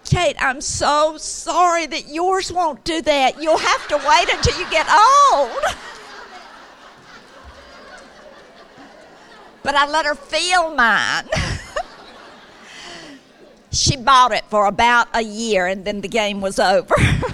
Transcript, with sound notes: Kate, I'm so sorry that yours won't do that! You'll have to wait until you get old!" [laughter] But I let her feel mine. She bought it for about a year, and then the game was over.